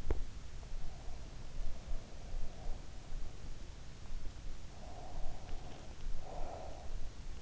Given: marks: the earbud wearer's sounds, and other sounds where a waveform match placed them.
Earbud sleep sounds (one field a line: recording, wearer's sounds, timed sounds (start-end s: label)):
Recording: sounds in sleep by an in-ear microphone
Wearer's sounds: teeth grinding, breath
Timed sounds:
0.00-0.22 s: teeth grinding
0.76-2.90 s: breath
4.70-6.87 s: breath